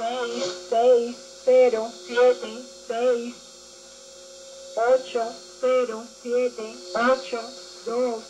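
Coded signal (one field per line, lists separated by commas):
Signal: numbers station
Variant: Spanish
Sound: a voice speaking short, evenly spaced words in Spanish over a steady hum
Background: radio hum and static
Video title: Kenwood R-2000 receiving a spanish numbers station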